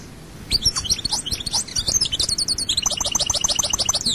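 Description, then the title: European goldfinch pouring out continuous high, jingling twitters, ending in a quick series of repeated buzzy notes. "Chant Chardonneret"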